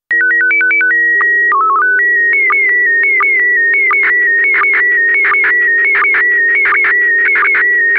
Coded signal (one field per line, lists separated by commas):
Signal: SSTV (slow-scan television)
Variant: PD 90